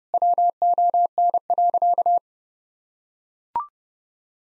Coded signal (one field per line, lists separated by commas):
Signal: Morse code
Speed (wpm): 30 wpm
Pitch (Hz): 700 Hz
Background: none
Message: WON.